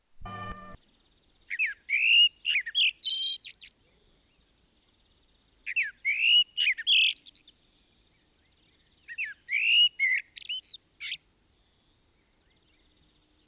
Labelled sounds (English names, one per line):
Common Blackbird song